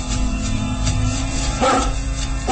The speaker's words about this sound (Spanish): Al mismo tiempo, el barón de Tífano y su criado, el gitano Zarco, han salido del castillo intrigados por los ladridos del enorme mastín.